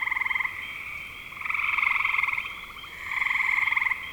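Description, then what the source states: Frogs give rattling pulsed trills in swelling bursts about a second long, separated by quieter stretches of fainter calling. Recorded in spring 2025.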